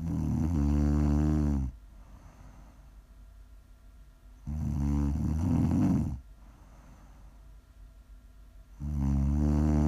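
Steady ASMR snoring from an adult woman asleep: loud, low-pitched, buzzing inhaled snores of about two seconds each, roughly 14 per minute, separated by quiet breathing pauses.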